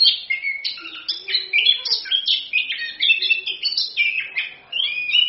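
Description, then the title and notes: Orange-headed thrush delivering a continuous stream of rapid, warbling whistled notes that jump up and down in pitch without pausing. Song style called ngerol (continuous rolling song) and gacor (singing prolifically); meant as a pancingan to provoke other birds to sing and as a masteran tutor recording. "ANIS KEMBANG GACOR, ANIS KEMBANG NGEROL, PANCINGAN ANIS KEMBANG BIAR BUNYI. Masteran Anis Kembang"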